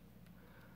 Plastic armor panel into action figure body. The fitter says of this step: um and then it just tabs right back in and when you tap it in it pretty much stays as you heard that click